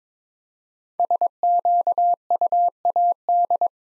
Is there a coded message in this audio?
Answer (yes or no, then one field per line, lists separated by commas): yes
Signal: Morse code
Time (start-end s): 1.0-3.7 s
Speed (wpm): 22 wpm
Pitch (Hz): 700 Hz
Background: none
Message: SQUAD